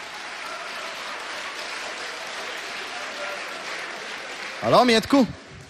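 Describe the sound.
A rushing crowd of shoppers in a hypermarket on its first day of sales fills the scene with a steady, dense roar of murmuring and shuffling, and near the end a voice briefly rises above it in a couple of loud calls.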